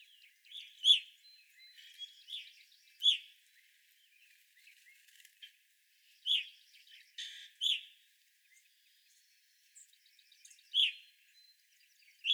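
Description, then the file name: Evening grosbeak calls, strong clear chirps spaced a second or more apart, with faint trills and chatter in the background. Several evening grosbeaks recorded on 25 April 2021. "2021-04-25 Evening Grosbeaks"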